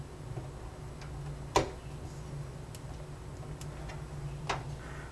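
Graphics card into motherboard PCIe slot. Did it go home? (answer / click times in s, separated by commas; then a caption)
yes / 1.6 s. A graphics card is lined up with the slot notch and pushed into a motherboard PCIe slot, snapping in with a sharp click at 1.6 s as the slot's retention tab locks. Softer ticks follow at about 2.8, 3.6 and 4.5 s over a low steady hum. The card is seated.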